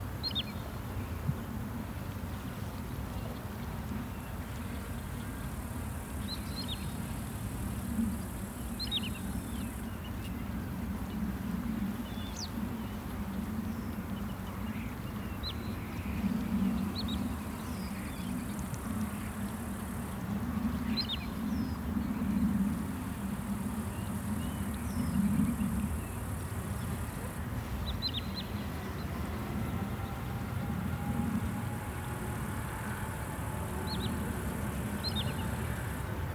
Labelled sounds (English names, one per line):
Wood Sandpiper